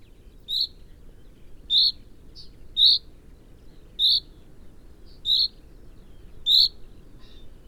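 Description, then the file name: Common chaffinch calling with crisp, high pink-like notes roughly once a second, six clear calls and a few softer extra notes between them. "Fringilla coelebs"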